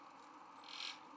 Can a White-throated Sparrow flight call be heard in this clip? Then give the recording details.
yes. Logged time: 04:07 on 31 October 2014